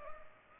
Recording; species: mosquito wingbeat signal from an infrared sensor; Culex pipiens